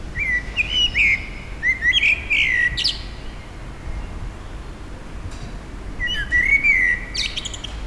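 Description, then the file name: Common blackbird song: two warbled phrases in quick succession, each closing with thin high squeaks, then a pause and a third fluted phrase. Recorded at a petrol station, April 2021. "2021 APR-Amsel-Tankstelle"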